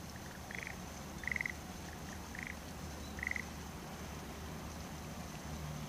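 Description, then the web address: Frog calling sparsely: a few short buzzy notes spread over several seconds, separated by pauses, with low droning background noise throughout. "kanakana kaeru"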